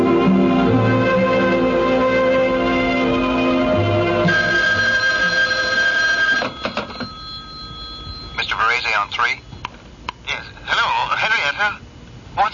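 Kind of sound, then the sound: signal or alarm, telephone ringing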